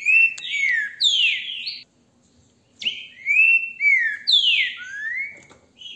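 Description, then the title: Green-winged saltator song: two loud whistled phrases of descending slurred notes separated by a pause of about one second. Beautiful song, recorded with a mobile phone held in the hand. "GRAVEI COM CELULAR NA MÃO, trinca ferro canto lindo"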